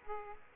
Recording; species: mosquito wingbeat signal from an infrared sensor; Aedes aegypti